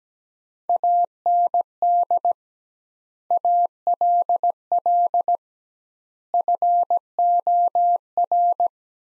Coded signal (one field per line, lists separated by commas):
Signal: Morse code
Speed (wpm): 17 wpm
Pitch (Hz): 700 Hz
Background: none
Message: AND ALL FOR